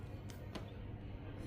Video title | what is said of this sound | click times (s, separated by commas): No Experience Needed – Replace Your S23 Ultra Screen at Home! | hear that click sound which means it's on its right position | 0.3 s, 0.6 s